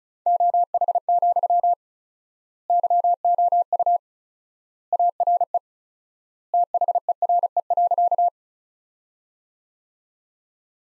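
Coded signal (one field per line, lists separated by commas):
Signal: Morse code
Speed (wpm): 36 wpm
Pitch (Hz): 700 Hz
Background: none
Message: OH, YOU ARE THERE.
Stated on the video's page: Morse sentences built from the top 500 words, sent at 35 wpm with word spacing stretched to four times standard, a practice drill akin to Farnsworth.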